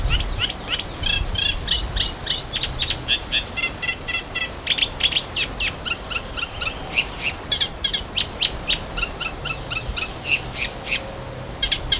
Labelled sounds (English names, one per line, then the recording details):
Eurasian Reed Warbler song
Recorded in the wild
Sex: male
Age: adult
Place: Summt, Brandenburg, DE
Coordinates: 52.69, 13.3603
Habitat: lake
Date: 1988-06-12 12:00
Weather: sunny, 14-18°C, wind
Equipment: Nagra SN, Kopie Tesla B 116
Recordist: Tembrock, Günter
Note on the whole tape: Summter Wald (Waldsee), östlich der Autobahn. Gesang